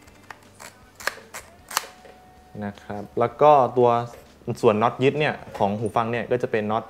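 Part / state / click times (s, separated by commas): headband extension slider in headset frame / seated / 0.3 s, 1.1 s, 1.8 s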